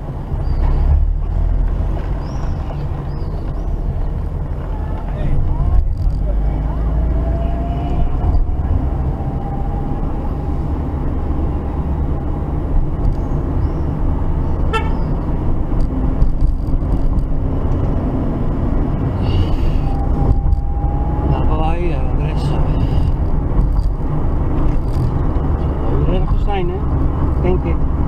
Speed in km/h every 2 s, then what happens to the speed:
18, 17, 20, 28, 30, 31, 33, 36, 38, 40, 43, 47, 44, 40.
3-21 speeds up to 47.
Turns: none.